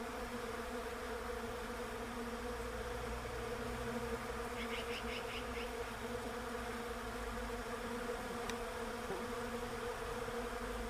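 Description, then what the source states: Bees buzzing in a steady, dense drone throughout, with a brief burst of quick high chirping notes from a bird near the middle. Bees in a Russian olive tree.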